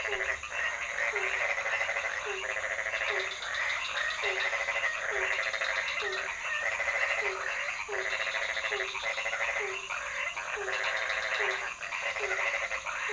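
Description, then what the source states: Frogs calling in a dense chorus: short low croaks repeated regularly under long buzzy, crackling trills that come in bursts of a second or more. Several frog species calling at night in a pond near a hotel in Ubud, Bali, Indonesia; recorded with Sony PCM D50 and Rode NT4 on a boompole.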